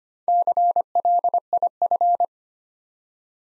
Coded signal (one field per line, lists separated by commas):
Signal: Morse code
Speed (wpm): 25 wpm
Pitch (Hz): 700 Hz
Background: none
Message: CLIF